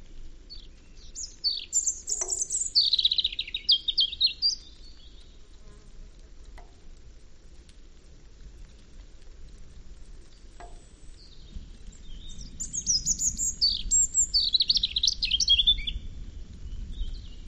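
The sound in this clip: European robin song: two high, thin warbling phrases of varied twittering notes, separated by a long pause, with a low steady background rumble.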